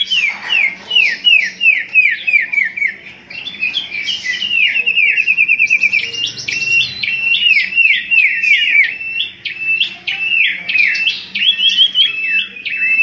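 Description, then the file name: Common iora singing a dense run of sharp, downslurred whistles repeated rapidly, broken by fast stuttering trills and flat sustained notes. Whistled song used as a lure sound for bird catching. "siulan cipo untuk pancingan"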